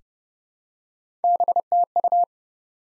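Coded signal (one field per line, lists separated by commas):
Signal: Morse code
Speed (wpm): 30 wpm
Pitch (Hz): 700 Hz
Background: none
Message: BTU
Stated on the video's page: Morse practice of QSO elements at 30 wpm for head-copy, each element sent in code, then spoken, then sent again.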